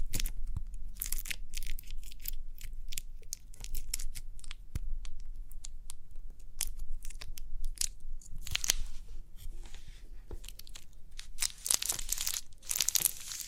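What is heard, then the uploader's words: Crinkly pimple popping: dense, irregular crackles and crisp crunchy snaps come in rapid clusters throughout. Bursts grow brighter and busier around the eighth second and again near the end, over a low, steady rumble underneath. Crinkly Pimple Popping.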